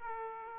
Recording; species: mosquito wingbeat signal from an infrared sensor; Aedes aegypti